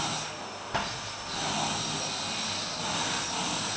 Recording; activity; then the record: daily activity, microphone in the room; vacuum cleaning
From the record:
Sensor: 2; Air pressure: 999.1 hPa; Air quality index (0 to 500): 202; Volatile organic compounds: 31 ppm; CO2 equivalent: 2983 ppm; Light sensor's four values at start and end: 6/15/6/6 and 6/15/6/6